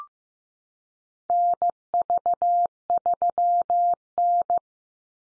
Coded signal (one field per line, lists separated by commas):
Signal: Morse code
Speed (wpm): 15 wpm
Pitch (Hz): 700 Hz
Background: none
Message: NV3N